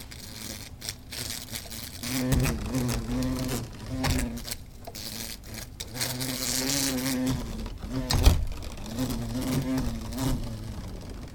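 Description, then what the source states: Hornet buzzing: a low droning hum that comes and goes in bursts, with repeated tapping and knocking sounds throughout. Hornet buzzing inside a lamp shade.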